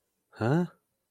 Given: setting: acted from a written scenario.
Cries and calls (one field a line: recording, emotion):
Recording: vocal sound without words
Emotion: confusion